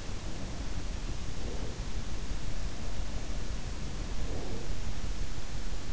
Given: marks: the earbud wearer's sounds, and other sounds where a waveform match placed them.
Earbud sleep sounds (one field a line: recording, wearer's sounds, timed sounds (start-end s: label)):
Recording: sounds in sleep by an in-ear microphone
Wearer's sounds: breath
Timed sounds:
0.00-2.24 s: breath
2.78-5.21 s: breath